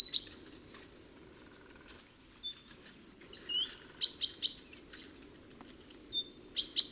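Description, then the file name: Great tit calling with high sliding whistles and thin chips, some buzzy rattles, and a soft low hum throughout. "Parus major"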